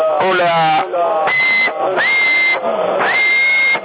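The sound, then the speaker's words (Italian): Narrow, radio-band audio with voice sounds, then sustained high whistled tones into a CB radio microphone in Sassari that glide up in pitch and hold steady, repeated two or three times, fairly loud throughout; the whistling makes the transmit power rise from 1.5 to 10 watts. “Adesso per dire fischiando sale a 10, capito?”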